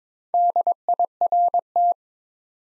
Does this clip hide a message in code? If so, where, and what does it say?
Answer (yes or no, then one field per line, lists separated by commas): yes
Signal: Morse code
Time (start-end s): 0.3-1.9 s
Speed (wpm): 22 wpm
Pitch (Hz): 700 Hz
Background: none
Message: DIRT